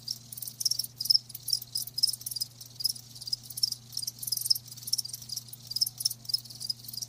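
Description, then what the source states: Crickets trilling in fast, high pulsed bursts, with a constant low hum behind. Live crickets chirping, a lulling song.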